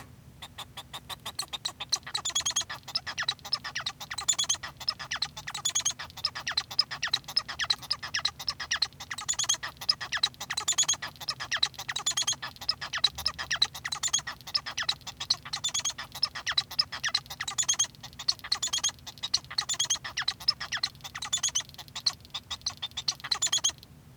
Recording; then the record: song of a male Bengalese finch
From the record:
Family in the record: son of father 1